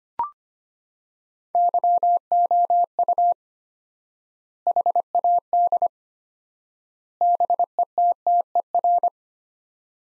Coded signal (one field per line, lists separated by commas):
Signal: Morse code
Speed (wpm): 25 wpm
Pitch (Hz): 700 Hz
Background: none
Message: YOU HAD BETTER